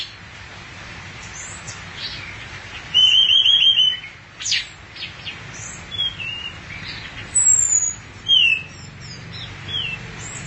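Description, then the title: Thrush song of rich whistled phrases and sharp high chirps in irregular bursts over faint background noise. "burung anis x"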